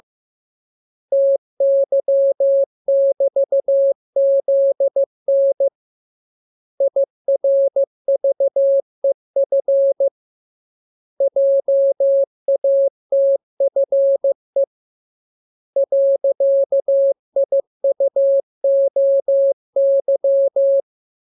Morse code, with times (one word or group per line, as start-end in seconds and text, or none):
1.1-5.7 TY<BT>ZN
6.8-10.1 IRVEF
11.2-14.6 JATFE
15.8-20.8 .IUOY